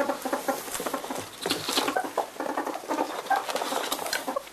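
European polecat giving dense, rapid chattering clucks in uneven bursts, with scratchy rustling mixed throughout.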